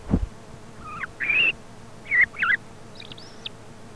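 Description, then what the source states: Thrush song: clear whistled, slurred notes, some rising and falling, followed by thin high squeaks, after a soft thump at the start. Commercial lure recording sold by a Càlig company for parany bird trapping.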